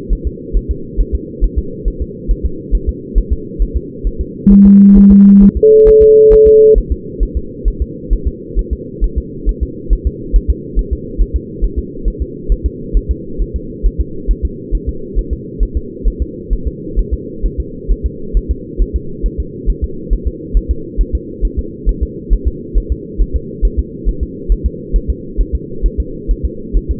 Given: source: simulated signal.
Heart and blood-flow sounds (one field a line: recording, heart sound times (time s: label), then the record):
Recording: fetal heart sounds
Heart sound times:
0.13 s: S1
0.27 s: S2
0.57 s: S1
0.71 s: S2
1.00 s: S1
1.15 s: S2
1.44 s: S1
1.58 s: S2
1.88 s: S1
2.02 s: S2
2.31 s: S1
2.45 s: S2
2.75 s: S1
2.89 s: S2
3.18 s: S1
3.32 s: S2
3.62 s: S1
3.76 s: S2
4.07 s: S1
4.21 s: S2
4.52 s: S1
4.66 s: S2
4.97 s: S1
5.12 s: S2
5.43 s: S1
5.57 s: S2
5.88 s: S1
6.03 s: S2
6.33 s: S1
6.47 s: S2
6.78 s: S1
6.92 s: S2
7.23 s: S1
7.37 s: S2
7.68 s: S1
7.82 s: S2
8.13 s: S1
8.28 s: S2
8.59 s: S1
8.73 s: S2
9.04 s: S1
9.18 s: S2
9.49 s: S1
9.63 s: S2
9.93 s: S1
10.07 s: S2
10.36 s: S1
10.50 s: S2
10.79 s: S1
10.93 s: S2
11.22 s: S1
11.36 s: S2
11.64 s: S1
11.79 s: S2
12.08 s: S1
12.22 s: S2
12.52 s: S1
12.66 s: S2
12.97 s: S1
13.11 s: S2
13.42 s: S1
13.56 s: S2
13.86 s: S1
14.01 s: S2
14.31 s: S1
14.45 s: S2
14.75 s: S1
14.89 s: S2
15.19 s: S1
15.33 s: S2
15.63 s: S1
15.77 s: S2
16.08 s: S1
16.22 s: S2
16.53 s: S1
16.67 s: S2
16.99 s: S1
17.13 s: S2
17.45 s: S1
17.60 s: S2
17.91 s: S1
18.06 s: S2
18.37 s: S1
18.51 s: S2
18.82 s: S1
18.96 s: S2
19.26 s: S1
19.40 s: S2
19.70 s: S1
19.84 s: S2
20.13 s: S1
20.27 s: S2
20.57 s: S1
20.71 s: S2
21.01 s: S1
21.15 s: S2
21.45 s: S1
21.59 s: S2
21.89 s: S1
22.03 s: S2
22.33 s: S1
22.48 s: S2
22.78 s: S1
22.92 s: S2
23.22 s: S1
23.36 s: S2
23.65 s: S1
23.79 s: S2
24.08 s: S1
24.23 s: S2
24.52 s: S1
24.66 s: S2
24.96 s: S1
25.10 s: S2
25.41 s: S1
25.55 s: S2
25.86 s: S1
26.00 s: S2
26.31 s: S1
26.45 s: S2
26.77 s: S1
26.91 s: S2
From the record:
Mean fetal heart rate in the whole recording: 135 bpm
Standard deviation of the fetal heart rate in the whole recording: 3 bpm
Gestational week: 36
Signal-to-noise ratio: -4.3 dB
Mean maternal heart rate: 72 bpm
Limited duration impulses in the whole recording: present